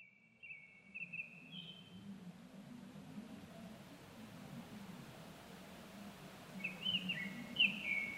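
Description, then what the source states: Japanese thrush song, short whistled phrases around the start and again near the end, separated by a quiet stretch with steady low background rumble. 25 April 2010 at 18:00.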